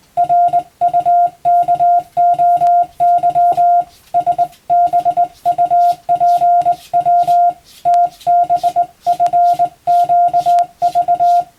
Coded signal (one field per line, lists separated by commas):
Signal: Morse code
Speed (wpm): 20 wpm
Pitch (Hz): 700 Hz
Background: none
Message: RUKOY SBUPW TBFQV